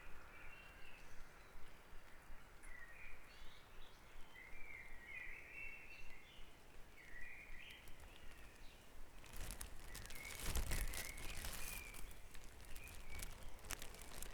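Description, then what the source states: Birdsong: a busy sequence of chattering, warbled phrases for several seconds, then fading under a rise of broad rustling noise. Dawn chorus recorded at Back Dragon Avenue, Harrogate, part of a sound map of Harrogate.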